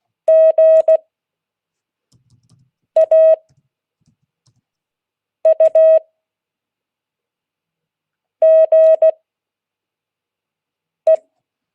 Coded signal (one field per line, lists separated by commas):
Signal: Morse code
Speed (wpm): 16 wpm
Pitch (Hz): 640 Hz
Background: none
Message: GAUGE